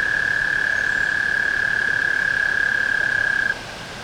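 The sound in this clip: Tree frog call: a continuous, even, high-pitched trill running for about three and a half seconds, then stopping, leaving faint hiss and a weaker trill behind.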